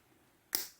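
The movable domed bottom of a titanium or stainless metal dosing capsule for a Storz & Bickel Volcano vaporizer chamber is pushed until it snaps through from bulging outward to bulging inward, reducing the capsule's capacity. After near silence, a single sharp, bright metallic click sounds at 0.6 s and fades within about a fifth of a second. The bottom has snapped into its reduced dosing position.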